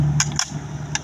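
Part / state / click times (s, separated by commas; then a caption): spear shaft into speargun trigger mechanism / not seated / none. A spear shaft is pushed into the mechanical reverse trigger mechanism of a 120 cm+ Presistence single-roller reverse speargun with a reel and 15 m Dyneema line. Three short, sharp handling knocks land at about 0.2, 0.4 and 1.0 s over a steady low hum. Nothing has seated or clicked yet.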